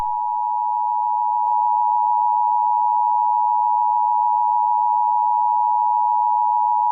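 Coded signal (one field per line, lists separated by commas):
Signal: Emergency Alert System (SAME) tones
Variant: 853 and 960 Hz attention tone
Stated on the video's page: Mock Amber Alert for all of Pennsylvania, not a real alert.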